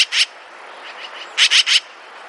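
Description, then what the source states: Yellow-billed Magpie call: short, harsh, raspy chattering notes, two quick notes followed by a quick run of three after a pause. Found only in Central California, in oak-dominated woods and grasslands; forages on the ground in noisy groups.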